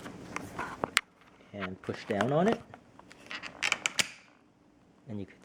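A detachable plastic part is pushed down into the upright body of a refurbished Shark Navigator Lift-Away vacuum and seats with a sharp click at 1.0 s while someone talks. A few more quieter clicks and taps follow between about 3.3 and 4.0 s.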